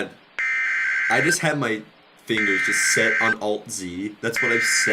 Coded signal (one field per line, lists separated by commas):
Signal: Emergency Alert System (SAME) tones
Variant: header bursts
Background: speech